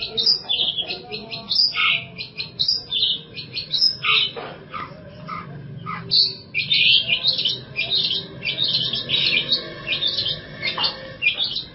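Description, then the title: Long-tailed shrike song, a busy jumble of sharp high chirps and short harsh notes with brief pauses, over a faint low rumble. "Cendet Pentet"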